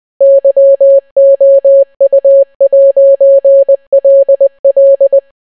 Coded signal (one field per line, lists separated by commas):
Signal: Morse code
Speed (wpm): 20 wpm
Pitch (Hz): 550 Hz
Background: none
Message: YOU'LL